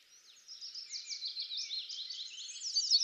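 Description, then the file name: Eurasian blackcap warbling: a fast, dense jumble of high chattering notes that starts quietly and grows louder toward the close. "Sylvia atricapilla"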